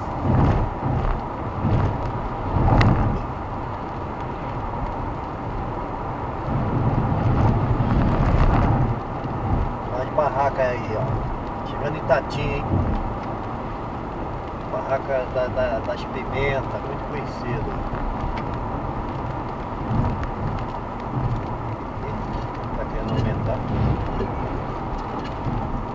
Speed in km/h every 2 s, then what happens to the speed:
111, 111, 112, 111, 109, 108, 106, 107, 105, 105, 103, 100, 97.
0-18 steady at about 108. 18-26 slows to 97.